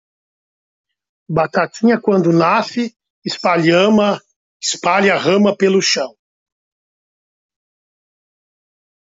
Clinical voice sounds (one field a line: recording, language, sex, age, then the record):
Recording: short text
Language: Brazilian Portuguese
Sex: male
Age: 50 to 59 years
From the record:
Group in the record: control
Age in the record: 55 years